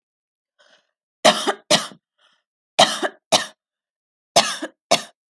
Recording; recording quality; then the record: heavy voluntary cough; excellent, no background noise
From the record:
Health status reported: healthy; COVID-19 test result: not tested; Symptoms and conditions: none ticked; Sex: female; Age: 22 years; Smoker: not ticked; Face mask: not worn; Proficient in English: yes